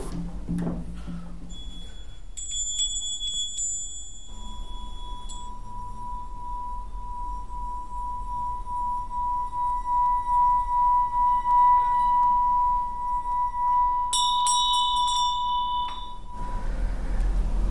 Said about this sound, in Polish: Grałem na dzwonkach tybetańskich i robiłem to w taki sposób podobny do tego, jak niektórzy z nas bawią się kieliszkami z dobrego kryształowego szkła, pocierają się wilgotnym palcem. To wzbudza wibracje w szkle i powoduje wydobywanie wysokich,